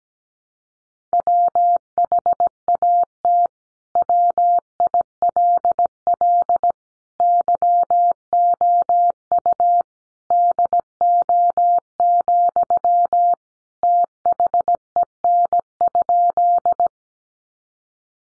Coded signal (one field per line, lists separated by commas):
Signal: Morse code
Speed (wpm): 17 wpm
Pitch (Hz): 700 Hz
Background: none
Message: WHAT WILL YOU DO, THEN?